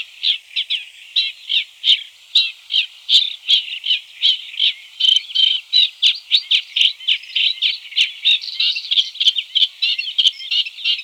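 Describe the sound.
Caspian reed warbler song: rhythmic churring chatter of short harsh notes, about three each second.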